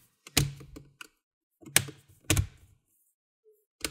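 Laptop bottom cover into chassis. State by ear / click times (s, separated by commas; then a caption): seated / 0.4 s, 1.8 s, 2.3 s, 3.8 s. The bottom cover of a Dell Inspiron 13 7000 series laptop is pressed down along the sides, front and back so its plastic retaining clips snap into the chassis. Sharp clicks land at 0.4, 1.8, 2.3 and 3.9 seconds, each followed by a brief rattle. The cover's clips are confirmed seated.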